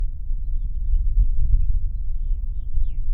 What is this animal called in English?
House Finch